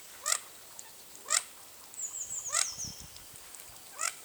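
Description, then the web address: Mandarin duck giving four brief rising, reedy whistles, spaced one to one and a half seconds apart, with a faint thin high tone and a soft low rumble midway. "sound Mandarin-duck. صدای-اردک-ماندارین"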